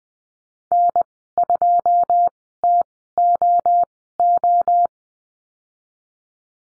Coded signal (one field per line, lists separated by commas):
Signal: Morse code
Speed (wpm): 20 wpm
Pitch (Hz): 700 Hz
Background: none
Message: N2TOO